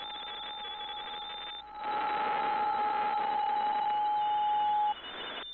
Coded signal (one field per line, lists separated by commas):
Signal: PSK63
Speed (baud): 62.5 baud